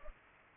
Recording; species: mosquito wingbeat signal from an infrared sensor; Culex pipiens